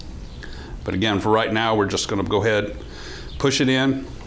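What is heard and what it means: Quarter-inch plastic tubing is pushed toward the push-to-connect port on a sensor's cleaning fitting while someone talks, with a few faint handling ticks around 0.0, 0.4 and 4.3 seconds. Nothing has seated or clicked yet.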